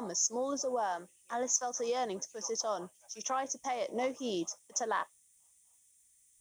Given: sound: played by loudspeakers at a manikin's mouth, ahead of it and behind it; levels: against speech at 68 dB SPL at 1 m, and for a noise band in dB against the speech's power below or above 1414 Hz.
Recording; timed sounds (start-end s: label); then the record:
test signals for a remote microphone
0.00-5.03 s: woman speaking, babble ahead at +6 dB SNR for speech at 1 m
From the record:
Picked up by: remote microphone B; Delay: 24 ms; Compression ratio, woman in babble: 1.71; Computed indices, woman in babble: HASPI 0.957, HASQI 0.352 (non-linear 0.409, linear 0.859), ESTOI 0.804